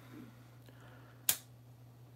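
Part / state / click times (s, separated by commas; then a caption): fitted part onto barrel spacers / seated / 1.3 s. A part is pressed down onto barrel spacers and seats with one sharp snap at 1.3 s, a bright broadband crack that stands well above the low steady hum. Before it there is only a faint tick near 0.7 s. The part is confirmed seated.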